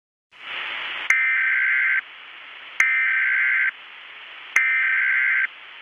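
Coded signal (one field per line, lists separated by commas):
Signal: Emergency Alert System (SAME) tones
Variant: header bursts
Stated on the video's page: Remake, not a real broadcast.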